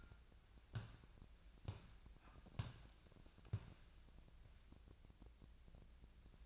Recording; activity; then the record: daily activity, microphone in the room; walk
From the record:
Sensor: 2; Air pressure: 1012.1 hPa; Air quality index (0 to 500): 171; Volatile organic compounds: 2 ppm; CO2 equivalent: 1249 ppm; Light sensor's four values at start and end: 41/111/46/51 and 49/122/54/62